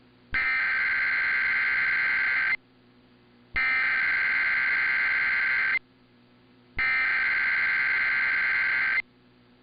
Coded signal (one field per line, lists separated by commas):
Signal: Emergency Alert System (SAME) tones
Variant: header bursts